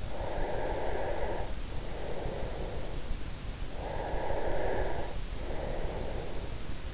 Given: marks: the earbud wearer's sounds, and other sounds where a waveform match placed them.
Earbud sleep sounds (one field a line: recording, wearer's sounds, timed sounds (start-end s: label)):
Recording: sounds in sleep by an in-ear microphone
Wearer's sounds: breath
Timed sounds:
0.00-3.13 s: breath
3.68-6.86 s: breath